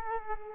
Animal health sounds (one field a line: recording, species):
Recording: mosquito wingbeat signal from an infrared sensor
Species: Culex quinquefasciatus